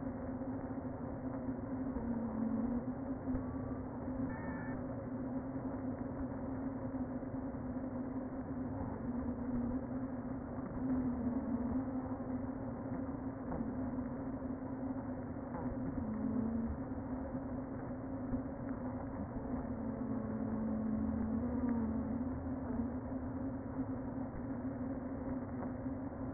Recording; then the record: honeybee colony, microphone inside the hive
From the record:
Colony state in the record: queen present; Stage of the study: before two queens were removed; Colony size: about 60,000 bees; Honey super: yes